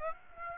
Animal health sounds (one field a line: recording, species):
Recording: mosquito wingbeat signal from an infrared sensor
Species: Aedes aegypti